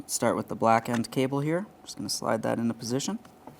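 Someone talks while the black-ended door release cable is slid into position in the interior door handle of a 2015-2019 Subaru Outback. A faint, brief sound comes near the end at about 3.5 s, but the cable end has not seated or clicked into place yet.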